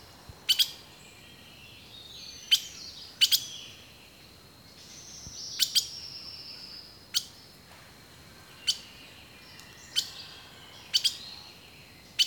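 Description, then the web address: Bird calls, sharp high chirps in short bursts at irregular intervals, with a thin whistled note drifting in between and a soft background hiss. Rainforest birdsong. "The Natural Sounds of the Wilderness 10 CDs collection Echoes of Nature - Rainforest 03 Birdsong"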